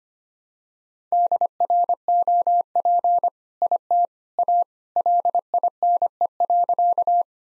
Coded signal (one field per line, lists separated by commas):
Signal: Morse code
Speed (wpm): 25 wpm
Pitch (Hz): 700 Hz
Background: none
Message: DROP IT A LINE.